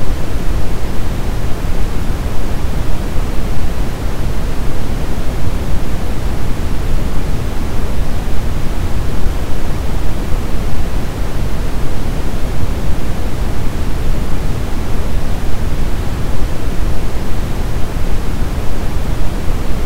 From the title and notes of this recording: Deep Brown Noise to drift away.